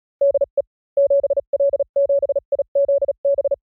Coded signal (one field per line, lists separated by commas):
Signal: Morse code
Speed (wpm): 37 wpm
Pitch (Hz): 560 Hz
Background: none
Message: DE 7L7IZB